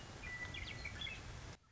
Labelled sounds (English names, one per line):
Western Meadowlark